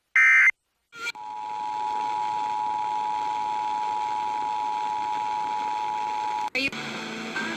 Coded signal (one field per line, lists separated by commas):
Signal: Emergency Alert System (SAME) tones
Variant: 853 and 960 Hz attention tone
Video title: Iowa EAS Required Monthly Tests (April 3, 2019)